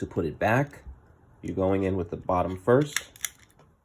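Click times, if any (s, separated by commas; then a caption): 3.2 s. A plastic faceplate part on a Mercedes Becker car radio (W210/W208 E-Class and CLK) is put back bottom edge first, then pressed so it snaps into place. Someone talks, then a sharp snap at 3.3 seconds is followed by a few faint small clicks. The part is seated.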